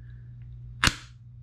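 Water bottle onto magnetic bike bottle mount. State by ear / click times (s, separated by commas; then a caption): seated / 0.9 s. A water bottle is popped onto a magnetic bottle mount on a mountain bike. Against a steady low hum, it snaps on with one sharp click at 0.9 seconds, and the strong magnet holds it seated.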